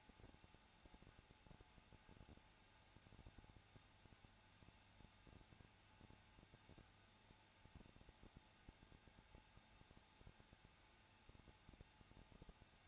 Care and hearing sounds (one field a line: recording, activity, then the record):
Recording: daily activity, microphone in the room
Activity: no activity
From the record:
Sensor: 2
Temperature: 21.0 degrees Celsius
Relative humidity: 34.2%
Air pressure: 994.3 hPa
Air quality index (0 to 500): 172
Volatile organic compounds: 3 ppm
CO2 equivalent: 1334 ppm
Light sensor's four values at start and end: 2/3/2/2 and 2/3/2/2